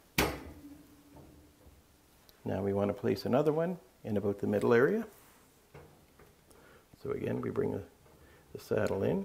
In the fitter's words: And then bring it up and snap it onto the rack.